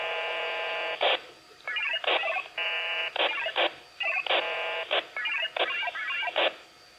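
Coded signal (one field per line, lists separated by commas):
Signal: HF data modem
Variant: VARA FM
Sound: alternating buzzy multi-tone chords, chirping tone runs, and short hissy bursts in quick exchanges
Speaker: and there you have it guys there's vara fm running on the raspberry pi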